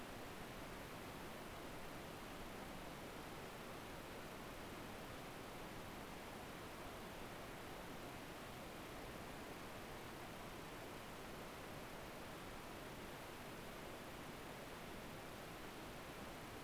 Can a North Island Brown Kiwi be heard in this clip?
no